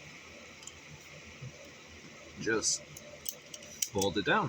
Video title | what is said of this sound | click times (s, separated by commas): Birthday gifts Review. Part 1 of 2. | Just push the missile in. Make sure you hear the click. | 0.7 s